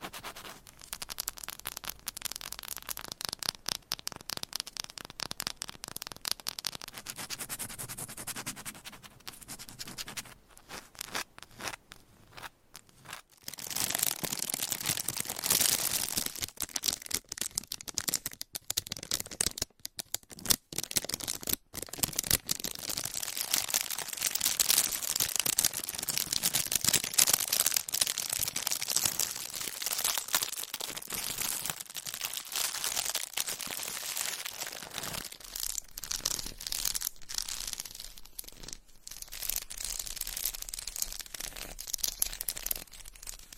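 Scratching and tapping triggers shift every few seconds, mostly as dense, bright crinkly rustling with bursts like shuffling cards or crumpling paper. Sound is softer and sparser for the first thirteen seconds, then louder and busier, with brief silent gaps near 20 and 21 seconds.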